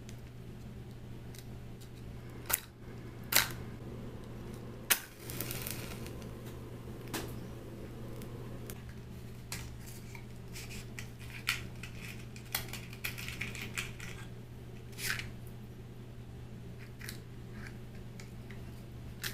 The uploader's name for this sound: Match Lighting Extinguishing, Fire Crackling,Tapping, Glass Sounds, Candles